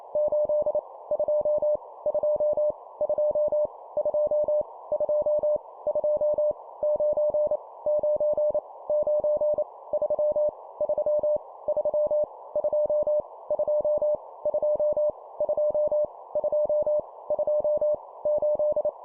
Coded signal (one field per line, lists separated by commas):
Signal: Morse code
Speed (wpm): 28 wpm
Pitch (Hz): 600 Hz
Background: none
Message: 8 2 2 2 2 2 2 9 9 9 3 3 3 2 2 2 2 2 2 8